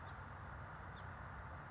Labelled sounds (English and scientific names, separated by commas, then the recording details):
House Finch (Haemorhous mexicanus)
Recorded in Sonoma County, California